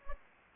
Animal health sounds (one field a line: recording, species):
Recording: mosquito wingbeat signal from an infrared sensor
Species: Anopheles gambiae